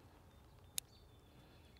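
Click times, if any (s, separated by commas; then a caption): 0.8 s. A steel revolver cylinder on a SAR 38 .357 Mag is pinched to drag on it slightly while the hammer is cocked in single action. The cylinder stop snaps it into lockup with a single sharp, bright click at 0.8 s over a quiet background, followed by a faint tick near 1.8 s. The cylinder is confirmed locked in place.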